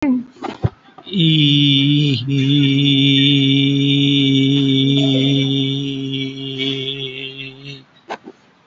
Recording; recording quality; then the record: sustained vowel as in beet; excellent, no background noise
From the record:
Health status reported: COVID-19 positive, mild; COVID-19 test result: positive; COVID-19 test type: RT-PCR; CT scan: taken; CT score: 3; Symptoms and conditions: cough, cold, fever, loss of smell and taste, hypertension, diabetes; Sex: male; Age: 52 years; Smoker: no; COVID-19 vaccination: both doses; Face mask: not worn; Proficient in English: yes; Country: India